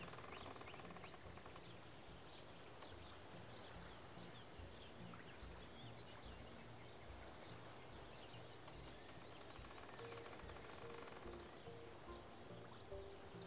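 Nature sounds at the edge of a Canadian lake, a steady, dense wash like light rain or lapping water that holds even throughout. Soft low thumps recur, and a few faint higher calls, possibly birds, appear around ten to twelve seconds.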